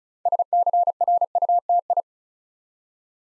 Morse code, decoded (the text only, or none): SCRUTI